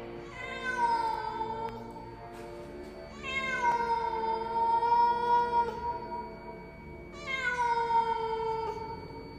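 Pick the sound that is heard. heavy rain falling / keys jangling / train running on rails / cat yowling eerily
cat yowling eerily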